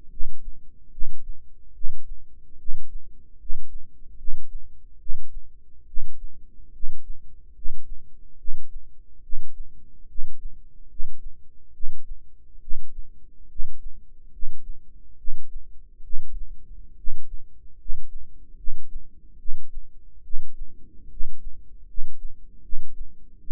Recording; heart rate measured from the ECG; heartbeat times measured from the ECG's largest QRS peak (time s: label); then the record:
heart sounds by microphone in the right ear; 72 bpm
0.10 s: heartbeat
0.91 s: heartbeat
1.73 s: heartbeat
2.58 s: heartbeat
3.38 s: heartbeat
4.17 s: heartbeat
4.99 s: heartbeat
5.86 s: heartbeat
6.72 s: heartbeat
7.54 s: heartbeat
8.37 s: heartbeat
9.22 s: heartbeat
10.07 s: heartbeat
10.88 s: heartbeat
11.72 s: heartbeat
12.60 s: heartbeat
13.48 s: heartbeat
14.31 s: heartbeat
15.17 s: heartbeat
16.02 s: heartbeat
16.96 s: heartbeat
17.77 s: heartbeat
18.56 s: heartbeat
19.38 s: heartbeat
20.22 s: heartbeat
21.09 s: heartbeat
21.86 s: heartbeat
22.61 s: heartbeat
23.40 s: heartbeat
From the record:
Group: healthy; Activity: rest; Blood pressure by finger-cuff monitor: 94/58 mmHg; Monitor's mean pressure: 69 mmHg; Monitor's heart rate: 72 bpm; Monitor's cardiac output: 6.7 L/min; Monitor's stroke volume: 94 mL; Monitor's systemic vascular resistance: 740 dyn s/cm5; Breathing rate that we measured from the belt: 16 breaths a minute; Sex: male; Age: 35 years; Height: 180 cm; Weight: 86.9 kg